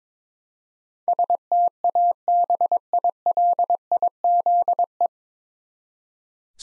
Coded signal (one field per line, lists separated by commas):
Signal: Morse code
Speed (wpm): 22 wpm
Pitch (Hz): 700 Hz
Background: none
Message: STABILIZE